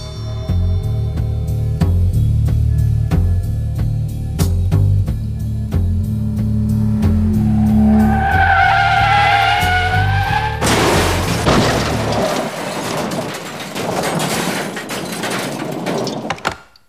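A car engine rumbles in heavy, pulsing low tones, then tires screech in a rising squeal before a loud, harsh wash of noise takes over and cuts off abruptly.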